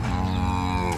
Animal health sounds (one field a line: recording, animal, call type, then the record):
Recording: contact call of a hoofed animal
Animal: cattle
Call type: low-frequency (closed-mouth) or high-frequency (open-mouth) call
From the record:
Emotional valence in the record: negative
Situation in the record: full separation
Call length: 0.98 s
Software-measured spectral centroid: 2260 Hz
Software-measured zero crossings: 1370 a second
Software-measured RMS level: -24 dBFS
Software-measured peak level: -13 dBFS